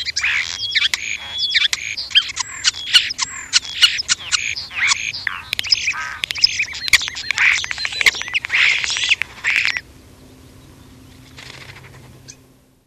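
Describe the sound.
European starling producing dense, scratchy chattering with squawks, clicks and squeaky notes for about ten seconds, then going quiet apart from faint background hum.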